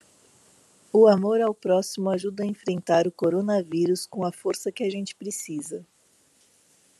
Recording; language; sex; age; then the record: spoken sentence; Brazilian Portuguese; female; 40 to 49 years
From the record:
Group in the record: control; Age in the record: 49 years